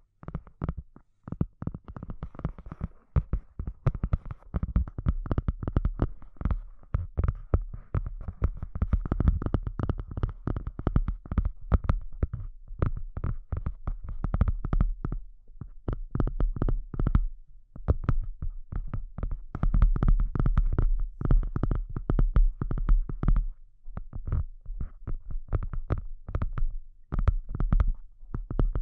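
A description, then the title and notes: Deep, bassy tapping and thumping sounds come in a dense, irregular stream of soft pulses, heavy in the low end with faint crackly tops. Short quiet gaps break it near 3, 15 and 24 seconds, and the muffled thuds resemble throbbing or a heartbeat. ASMR Deep and Bassy Sounds to Help You Sleep (No Talking).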